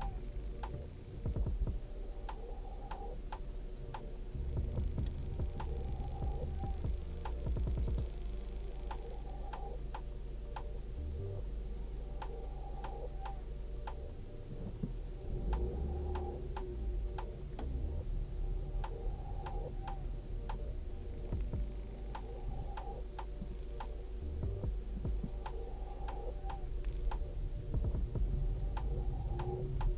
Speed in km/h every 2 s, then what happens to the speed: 0, 0, 0, 0, 0, 0, 0, 0, 2, 8, 5, 0, 0, 5, 13.
0-16 standing. 16-21 steady at about 5. 21-25 standing. 25-30 pulls away to 13.